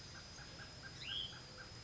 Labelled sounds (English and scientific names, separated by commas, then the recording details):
Hutton's Vireo (Vireo huttoni)
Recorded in Sonoma County, California